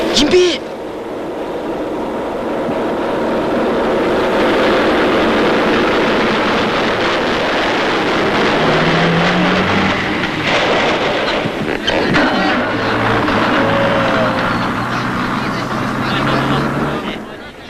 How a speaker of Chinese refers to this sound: 敌人的军车开到了离侦察连战士隐蔽位置的不远处，停了下来。